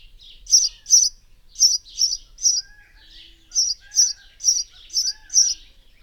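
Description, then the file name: House sparrow chirping, loud cheeps repeated in two runs of about five each, with faint lower chirps between. "Passer domesticus"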